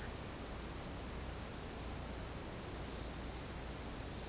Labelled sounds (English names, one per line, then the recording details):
none
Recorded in secondary vegetation near Puerto Asís, Putumayo, Colombia, on 23 June 2025 at 09:00
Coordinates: 0.484, -76.319
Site G074